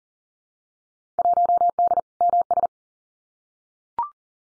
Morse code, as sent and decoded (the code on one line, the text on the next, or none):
.---- -.. / -- ...
1D MS